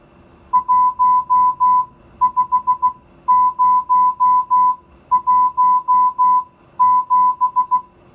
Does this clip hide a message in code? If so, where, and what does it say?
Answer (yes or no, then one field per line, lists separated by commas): yes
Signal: Morse code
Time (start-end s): 0.5-7.8 s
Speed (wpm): 16 wpm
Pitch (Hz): 1000 Hz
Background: music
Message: 15017